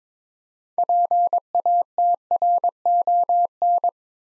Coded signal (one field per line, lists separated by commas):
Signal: Morse code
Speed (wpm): 22 wpm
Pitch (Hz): 700 Hz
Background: none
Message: PATRON